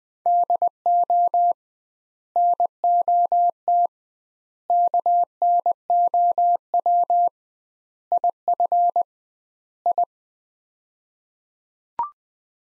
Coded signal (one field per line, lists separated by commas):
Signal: Morse code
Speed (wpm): 20 wpm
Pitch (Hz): 700 Hz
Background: none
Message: DO NOT KNOW IF I